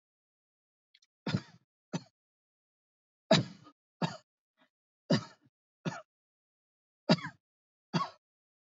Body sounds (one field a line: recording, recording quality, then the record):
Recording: heavy voluntary cough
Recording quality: excellent, no background noise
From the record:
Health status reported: healthy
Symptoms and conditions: breathing difficulty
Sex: male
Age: 25 years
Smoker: not ticked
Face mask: not worn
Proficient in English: yes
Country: India